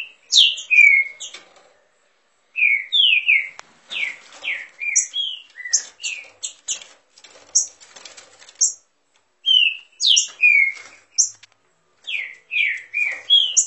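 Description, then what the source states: Green-winged saltator song: bursts of loud, slurred, descending whistles and sharp high notes, delivered in rapid phrases separated by short pauses. Warming up.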